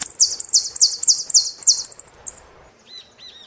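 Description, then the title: Saffron finch song, a quick series of high notes each sweeping downward, then softer arched notes. "Jilguero Argentino"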